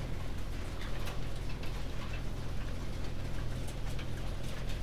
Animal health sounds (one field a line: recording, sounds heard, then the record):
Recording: poultry house recording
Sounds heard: no chicken sound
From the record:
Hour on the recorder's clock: 19